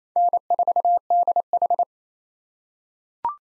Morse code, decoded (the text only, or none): N4DH